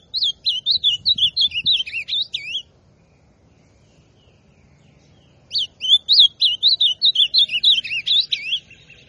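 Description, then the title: Ultramarine grosbeak song: two rich, warbled phrases of quick sliding whistled notes, separated by a pause of about three seconds. Classic song style. "Azulão Canto Clássico"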